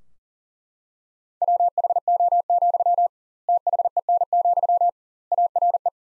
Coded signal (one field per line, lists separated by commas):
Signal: Morse code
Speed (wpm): 37 wpm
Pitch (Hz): 700 Hz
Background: none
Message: WHO, THEN, ARE